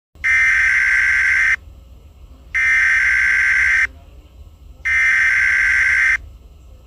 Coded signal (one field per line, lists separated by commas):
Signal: Emergency Alert System (SAME) tones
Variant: header bursts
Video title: EAS SCENARIO 2: Godzilla and Ghidorah vs. The Bizarre Lore of Team Umizoomi